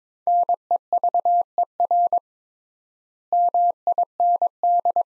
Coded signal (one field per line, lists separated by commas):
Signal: Morse code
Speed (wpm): 22 wpm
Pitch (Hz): 700 Hz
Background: none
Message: NEVER MIND